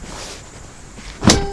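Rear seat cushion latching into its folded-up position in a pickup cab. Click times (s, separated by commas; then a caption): 1.3 s. The rear bench seat cushion of a 2019 Honda Ridgeline pickup is lifted up against the seatback until its latch locks it in the folded-up position. A quiet low background runs until a single sharp hit at 1.3 s as the cushion latches into place, and it is seated.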